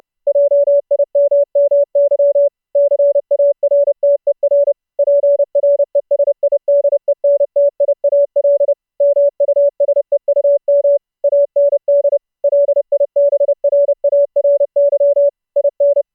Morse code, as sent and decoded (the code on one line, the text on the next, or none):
.--- .. -- -- -.-- / -.-. .- .-. - . .-. / .--. .-. . ... .. -.. . -. - .. .- .-.. / -- ..- ... . ..- -- / .- -. -.. / .-.. .. -... .-. .- .-. -.-- / .. -.
JIMMY CARTER PRESIDENTIAL MUSEUM AND LIBRARY IN